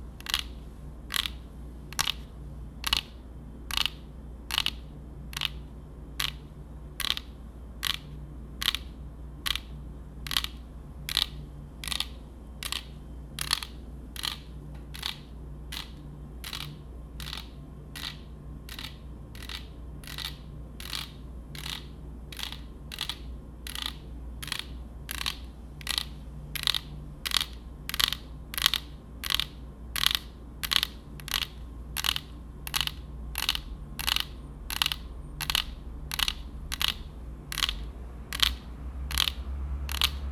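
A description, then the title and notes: Tapping on dark objects, sharp bright clicks in a steady rhythm, a little over one per second at first and growing quicker and slightly louder in the second half. A low, constant hum sits underneath throughout. ASMR TAPPING on Dark things 黒いものにタッピング.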